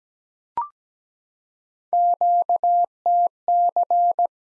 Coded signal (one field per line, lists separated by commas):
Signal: Morse code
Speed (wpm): 17 wpm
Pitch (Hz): 700 Hz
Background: none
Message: QTC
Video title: Worked All Europe DX Contest QTC Exchange 17wpm